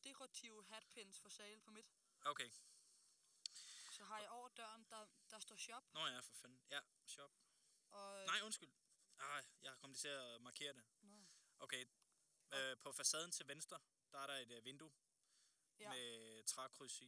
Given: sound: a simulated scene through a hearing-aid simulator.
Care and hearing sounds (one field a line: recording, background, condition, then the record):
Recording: conversation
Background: quiet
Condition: 75 dB SPL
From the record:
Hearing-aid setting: standard clinical setting (NAL)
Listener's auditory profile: C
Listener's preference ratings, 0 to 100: 75, 70, 8